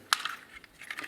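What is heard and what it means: The plastic arm of a ToyWorld TW-C05 Shovel (Masterpiece Constructicon Scrapper) transforming figure is pulled off the peg on the side of the vehicle. A sharp plastic snap at 0.1 s marks the arm coming free, followed by a softer tick at 0.3 s and a few light plastic clicks and rattles from about 0.8 to 1.0 s. The arm is released from the vehicle side.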